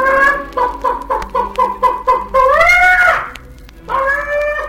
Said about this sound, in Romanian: Găina sare peste poartă, trece iute pe lângă babă, se pune pe cuibar și după vreun ceas de ședere sare de pe cuibar cotcodăcind.